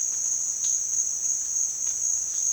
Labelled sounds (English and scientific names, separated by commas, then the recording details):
none
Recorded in dense forest near Puerto Asís, Putumayo, Colombia, on 29 June 2025 at 14:30
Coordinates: 0.466, -76.327
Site GP04